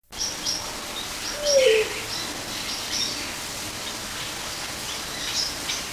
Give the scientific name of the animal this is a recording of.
Ptilinopus coronulatus